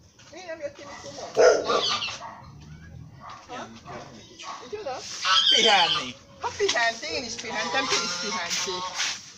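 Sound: dog barking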